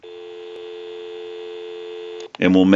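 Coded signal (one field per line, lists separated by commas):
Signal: telephone call progress tone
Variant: North America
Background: speech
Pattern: dial tone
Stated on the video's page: Heard on a Disney animated Mickey Mouse telephone during its initial checkout and repair conversion.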